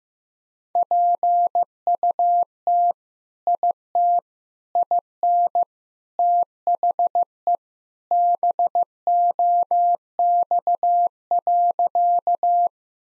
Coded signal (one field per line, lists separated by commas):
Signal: Morse code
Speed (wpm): 15 wpm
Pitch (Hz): 700 Hz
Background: none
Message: PUT IT IN THE BOX.